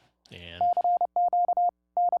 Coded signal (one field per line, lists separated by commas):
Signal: Morse code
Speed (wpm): 29 wpm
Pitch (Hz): 710 Hz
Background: none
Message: CQ N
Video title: Using Voice Keying and CW Macros via the SDC Client and TCI Interface